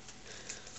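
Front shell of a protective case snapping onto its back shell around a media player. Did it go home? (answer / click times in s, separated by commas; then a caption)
yes / 0.5 s. The plastic front shell of an OtterBox Defender Series rugged protective case is pressed onto its back shell around a 4th-generation iPod media player. Over a steady low rustle, a short sharp click sounds at 0.5 s as its snaps click into place. The case is seated and all snapped up.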